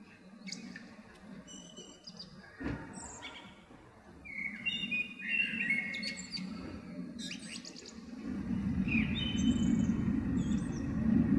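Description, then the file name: Eurasian blackbird song: several short warbled phrases with squeaky high notes, over low background noise that grows louder toward the end. Recorded 21 February 2023. "amsel 20230221"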